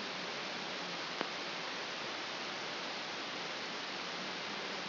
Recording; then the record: brain microelectrode recording played as sound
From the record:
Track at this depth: inside the subthalamic nucleus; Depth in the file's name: 2.733 mm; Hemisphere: left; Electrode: 2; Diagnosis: Parkinson's disease